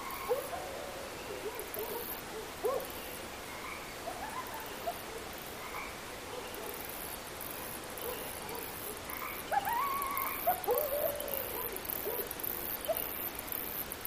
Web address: coyote